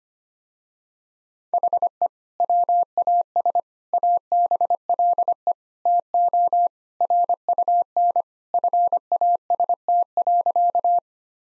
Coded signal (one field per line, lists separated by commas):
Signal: Morse code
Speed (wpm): 25 wpm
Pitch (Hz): 700 Hz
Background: none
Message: HE WAS ABLE TO RUN FAST.